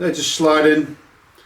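Someone talks while 14 mm T50 staples are loaded into a Stanley TRE550 electric staple gun/brad nailer, with the sliding staple magazine pusher being handled before it is pushed into the body of the gun. The voice fills most of the clip, then it falls quiet. Nothing has seated or clicked yet.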